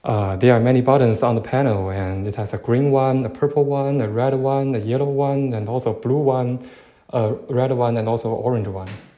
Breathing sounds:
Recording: free speech after running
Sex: male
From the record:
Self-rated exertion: moderate exertion (3 of 6)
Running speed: 8 miles an hour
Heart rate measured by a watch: 103 beats a minute at the start, 104 at the end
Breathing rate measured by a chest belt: 14 breaths a minute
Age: 24 years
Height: 185 cm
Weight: 79 kg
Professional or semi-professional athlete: no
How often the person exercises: 1 to 2 times a week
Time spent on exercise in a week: 2 to 3 hours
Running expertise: no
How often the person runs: 1 to 2 times a week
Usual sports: running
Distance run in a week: 20 km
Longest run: 10 km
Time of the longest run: 50 minutes

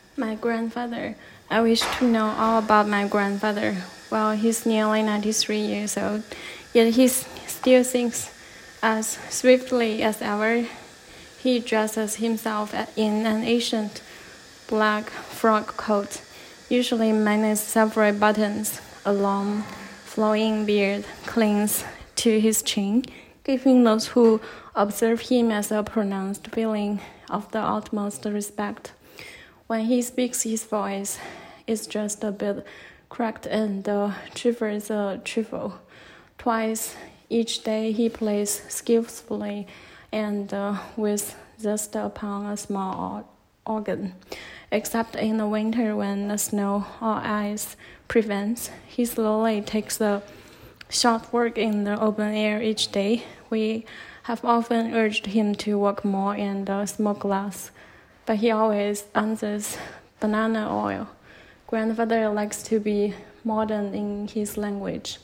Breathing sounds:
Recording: reading aloud after running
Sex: female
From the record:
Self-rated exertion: moderate exertion (3 of 6)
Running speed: 7 miles an hour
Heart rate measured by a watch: 119 beats a minute at the start, 113 at the end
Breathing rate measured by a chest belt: 18 breaths a minute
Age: 30 years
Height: 160 cm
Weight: 51 kg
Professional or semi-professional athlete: no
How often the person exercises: 3 to 5 times a week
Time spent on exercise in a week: over 5 hours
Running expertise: no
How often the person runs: 3 to 5 times a week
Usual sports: running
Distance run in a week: 60 km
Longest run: 42 km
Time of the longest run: 267 minutes

